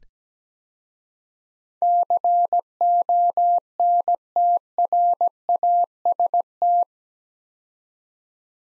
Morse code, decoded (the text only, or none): CONTRAST